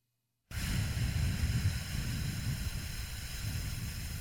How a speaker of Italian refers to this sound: Imparare poi a fare un soffio lungo, abbiamo detto il soffio lungo non è altro che questo pugno a rallentatore. Quindi sarà così.